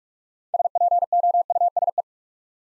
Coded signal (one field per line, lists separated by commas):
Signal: Morse code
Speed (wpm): 44 wpm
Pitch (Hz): 700 Hz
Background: none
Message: SPOUSE